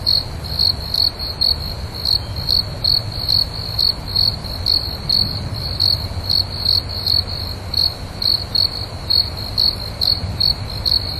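A cricket gives high, clear chirps at a steady rate of about two per second, slightly uneven in spacing, against a constant low rumble.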